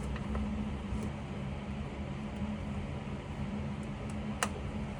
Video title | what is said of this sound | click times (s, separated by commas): B8 Audi ECS Monoball DIY | going to attempt to put it back in and you might not see it there go audible click | 4.4 s